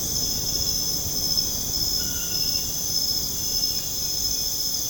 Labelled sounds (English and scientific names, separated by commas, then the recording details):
none
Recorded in dense forest near Puerto Asís, Putumayo, Colombia, on 29 June 2025 at 22:00
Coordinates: 0.486, -76.317
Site G065